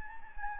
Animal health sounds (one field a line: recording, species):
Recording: mosquito wingbeat signal from an infrared sensor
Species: Anopheles gambiae